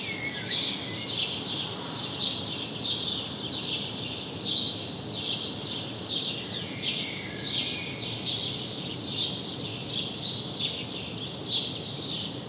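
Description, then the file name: House sparrow chirping in bursts of harsh, scratchy notes, continuing without pause against a steady hiss. "Passer domesticus"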